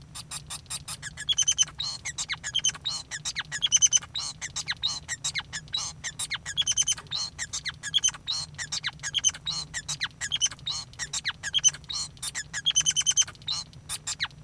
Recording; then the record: song of a male Bengalese finch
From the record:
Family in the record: son of father 5